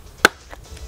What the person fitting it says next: hear that snap and you should be good to go